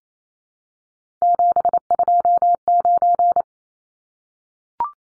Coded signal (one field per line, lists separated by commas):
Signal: Morse code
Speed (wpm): 28 wpm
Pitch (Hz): 700 Hz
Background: none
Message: 729